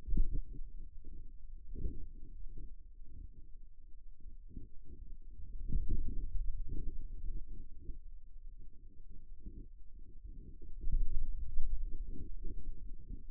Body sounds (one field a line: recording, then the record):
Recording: forearm muscle sounds (acoustic myography)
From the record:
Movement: finger pinch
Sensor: system 2, bracelet of six BSWA MPA416 microphones around the upper forearm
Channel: 5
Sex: male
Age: 22 years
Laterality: right